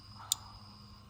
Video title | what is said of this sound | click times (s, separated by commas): HOW TO DELETE YOUR CUMMINS 6.7 (EZLINK 2019 PLUS) | and they're labeled for you so red black and then the White's going to be next you're going to hear some clicks | 0.3 s